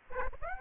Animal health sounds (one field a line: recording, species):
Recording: mosquito wingbeat signal from an infrared sensor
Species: Aedes aegypti